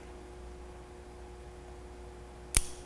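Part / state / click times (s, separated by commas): autoinjector pen plunger reaching end of dose / seated / 2.6 s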